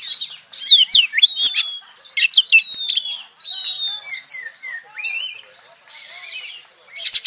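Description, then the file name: Oriental Magpie-Robin singing mixed phrases: swooping whistles, quick scratchy trills and softer warbled notes, with a brief hiss near the end. Song in the tretes style, used to restore the mood of other songbirds. "Suara Kacer Tretes Pulihkan Mental Burung Kicauan Lainnya"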